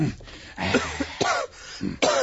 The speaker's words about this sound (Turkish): Bir haftadır devamlı öksürüyorum. Gece demiyor, gündüz demiyor. Öksürüp duruyorum.